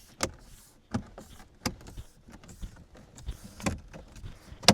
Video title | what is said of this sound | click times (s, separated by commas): How to Change Fusion Cabin Filter - 2013-2020 - Quick Tutorial | We're going to line that up. We'll see if we can hear the clicks. | 4.7 s